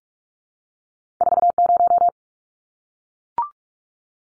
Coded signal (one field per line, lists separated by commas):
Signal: Morse code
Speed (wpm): 44 wpm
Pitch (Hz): 700 Hz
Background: none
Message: 40